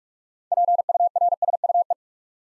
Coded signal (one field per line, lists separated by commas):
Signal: Morse code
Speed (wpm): 46 wpm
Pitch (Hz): 700 Hz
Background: none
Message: PURSUE